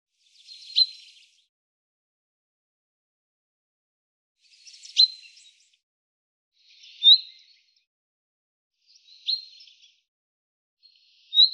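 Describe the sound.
Common chaffinch giving single sharp high call notes at irregular intervals, five in all, short and clipped with quiet gaps between.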